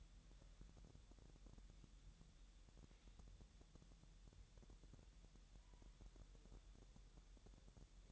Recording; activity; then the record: daily activity, microphone in the room; wipe stove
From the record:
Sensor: 3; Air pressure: 1000.9 hPa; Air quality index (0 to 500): 249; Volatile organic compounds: 178 ppm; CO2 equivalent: 4135 ppm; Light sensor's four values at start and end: 12/29/12/12 and 12/28/12/12